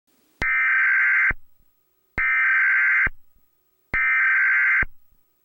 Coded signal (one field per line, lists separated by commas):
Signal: Emergency Alert System (SAME) tones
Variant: header bursts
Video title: EAS Scenario 5: Snow Crashers